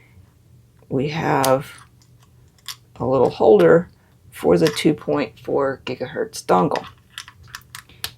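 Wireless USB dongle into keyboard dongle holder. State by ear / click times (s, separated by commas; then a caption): seated / 8.0 s. Someone talks while a 2.4 GHz wireless USB dongle is pushed into its small plastic holder on the side of an EPOMAKER TH80 V2 PRO mechanical keyboard, with a few light clicks and taps toward the end. The dongle snaps into the holder and is seated with a sharp click at 8.0 s.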